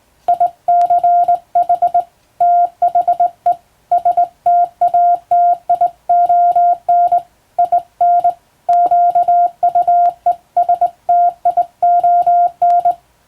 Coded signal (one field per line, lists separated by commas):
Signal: Morse code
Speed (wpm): 21 wpm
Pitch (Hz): 700 Hz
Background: music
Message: ICH THE STATION IN QUESTION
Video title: 今でも国家試験がある驚きのモールス符号！トン（短点）とツー（長音）で言葉を表します！昔懐かしいモールス信号を打ってみました！暗号を使うようでカッコいいかな？ morse code practice